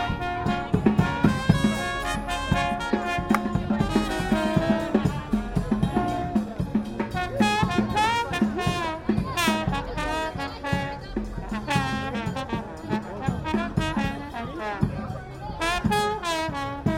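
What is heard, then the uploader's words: A brass band plays on a street corner, several horns stacked in loud, bright, overlapping lines with bending, wavering notes in the middle stretch. A low bass line and steady drum hits keep a driving beat underneath, full throughout. The Sony M-10 flash recorder, using its built-in microphones, recording a brass band on a New Orleans street corner. The recording was made from about 25 feet away, in the middle of a crowd of onlookers. Despite the close placement of the omni mics, the recording still presents a good stereo image.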